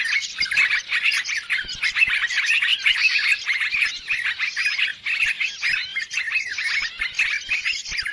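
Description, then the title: Birds chirping in a dense, busy chorus of quick tweets and short squawks, overlapping continuously without pause. Chorus of noisy birds used as a lure sound to attract birds; many birds said to approach as soon as it is played. "Baru Diputar Dah Banyak Merapat! Suara Pikat Burung Ribut"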